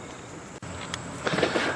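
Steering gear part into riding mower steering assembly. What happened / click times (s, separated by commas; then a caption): The metal steering part snapped into place / 0.9 s, 1.3 s. On an old riding mower whose steering gears jump apart, a metal steering gear part is pushed into the steering assembly. Over a steady low background, two sharp short clicks are heard at 0.9 s and 1.3 s. The part snaps into place and is seated.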